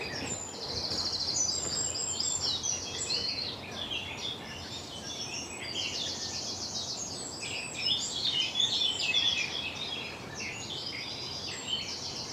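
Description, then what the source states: Garden warbler song: long-winded, scratchy, rapid warbling that runs on almost continuously in rich high bursts, with quiet background hiss. Longer-winded, scratchy warbling song that really does warble, by a small settlement of houses with gardens at the top of a track.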